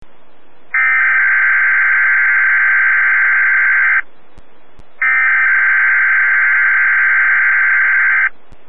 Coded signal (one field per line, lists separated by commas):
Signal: Emergency Alert System (SAME) tones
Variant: header bursts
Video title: Weatheradio Canada (XLM538 Winnipeg) - Required Weekly Test (EAS #85)